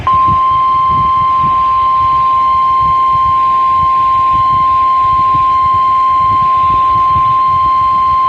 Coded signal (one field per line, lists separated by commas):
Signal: Emergency Alert System (SAME) tones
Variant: 1050 Hz attention tone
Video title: What's Sleep? V2 | EAS Alerts From 8/1-3/2022 (EAS #1,620-1,647)